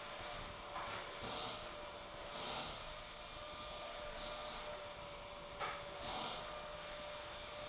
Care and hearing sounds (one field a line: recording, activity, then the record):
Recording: daily activity, microphone in the room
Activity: vacuum cleaning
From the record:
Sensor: 5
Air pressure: 1009.7 hPa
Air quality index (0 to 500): 167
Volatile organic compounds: 4 ppm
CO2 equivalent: 1619 ppm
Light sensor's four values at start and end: 109/287/118/126 and 109/287/118/126